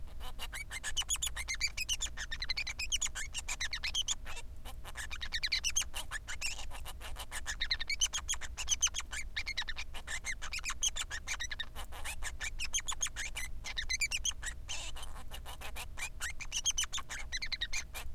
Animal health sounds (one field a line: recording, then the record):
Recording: song of a male Bengalese finch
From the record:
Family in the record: son of father 3